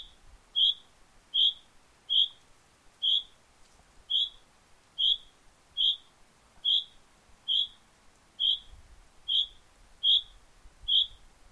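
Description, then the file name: Common chaffinch giving a steady run of about fourteen short, bright, high-pitched call notes, repeated roughly every 0.8 seconds against a quiet background. "Fringilla coelebs"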